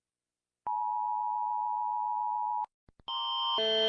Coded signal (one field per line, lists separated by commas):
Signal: Emergency Alert System (SAME) tones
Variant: 853 and 960 Hz attention tone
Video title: Rating eas alarms